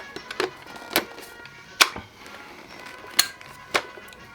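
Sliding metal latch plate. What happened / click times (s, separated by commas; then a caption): The magazine latch locked the magazine in place / 3.2 s. An airsoft magazine is reinserted into a Snow Wolf ZB26 light machine gun replica, and the sliding front plate is pushed forward with light pressure on the front to lock it so the magazine does not fall out. Several short, sharp clicks and knocks occur, around 0.3, 0.4, 1.0 and 1.8 seconds. The loudest click, at 3.2 seconds, marks the magazine locking firmly in place, followed by another click at 3.8 seconds.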